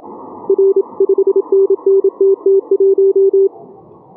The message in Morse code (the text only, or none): R 5NNTT1